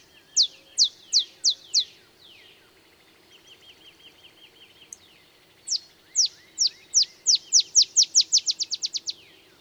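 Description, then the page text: Olive sparrow: the end of one song with five loud downslurred notes, a soft stretch of faint notes, then another song of downslurred notes quickening into a rapid trill. Male singing in early morning in Texas, 50 miles north of the Mexican border; simple songs reminiscent of a field sparrow's bouncing-ball song, though less mellow. "Birdsong for the Curious Naturalist. Olive sparrow"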